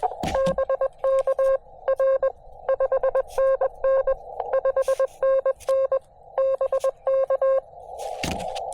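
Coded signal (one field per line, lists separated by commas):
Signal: Morse code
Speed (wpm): 21 wpm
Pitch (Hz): 540 Hz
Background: none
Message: BK R 5NN 5NN BK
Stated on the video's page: POTA/SOTA CW activation with a KX2 and 17-foot vertical; short pile-ups on 20m, then 15m contacts including England.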